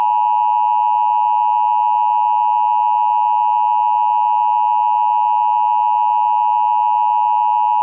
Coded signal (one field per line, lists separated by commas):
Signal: Emergency Alert System (SAME) tones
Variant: 853 and 960 Hz attention tone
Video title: Eas mock#3:global thermonuclear war